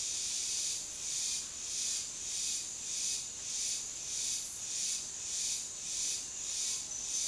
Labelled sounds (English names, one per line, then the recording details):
none
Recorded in dense forest near Puerto Asís, Putumayo, Colombia, on 20 February 2024 at 08:00
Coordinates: 0.502, -76.326
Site G6460